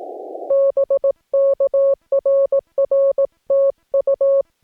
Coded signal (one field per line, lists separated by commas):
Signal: Morse code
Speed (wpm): 18 wpm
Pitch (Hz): 1100 Hz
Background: none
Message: BK RR TU